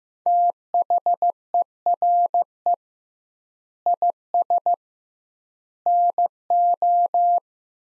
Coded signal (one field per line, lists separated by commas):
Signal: Morse code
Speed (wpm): 15 wpm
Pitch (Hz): 700 Hz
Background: none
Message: THERE IS NO